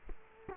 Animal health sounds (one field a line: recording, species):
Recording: mosquito wingbeat signal from an infrared sensor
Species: Culex quinquefasciatus